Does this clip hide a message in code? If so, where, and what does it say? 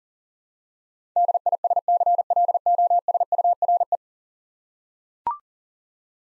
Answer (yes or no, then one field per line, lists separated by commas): yes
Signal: Morse code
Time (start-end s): 1.2-4.0 s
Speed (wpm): 41 wpm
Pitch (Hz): 700 Hz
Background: none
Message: DISCLOSURE